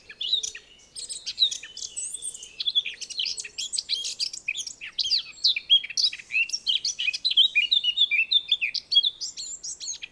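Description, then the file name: Eurasian blackcap song, a long, busy run of rapid chattering and warbling notes, mostly high and scratchy, continuing without break; a faint low hum early on. "Sylvia atricapilla"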